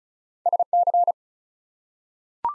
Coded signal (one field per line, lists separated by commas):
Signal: Morse code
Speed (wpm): 36 wpm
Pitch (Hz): 700 Hz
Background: none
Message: SC